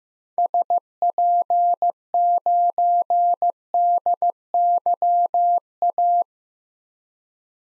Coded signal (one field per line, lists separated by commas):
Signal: Morse code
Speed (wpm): 15 wpm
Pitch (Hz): 700 Hz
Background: none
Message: SP9DYA